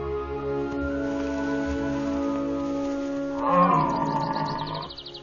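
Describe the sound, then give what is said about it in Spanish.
A rutting stag bellows in late September, during the rutting season, as deer seek mates. It is a deep, drawn-out groaning roar that holds steady, then swells louder and rougher for a couple of seconds before fading. No one speaks. “Los ciervos buscan miembros del sexo opuesto.”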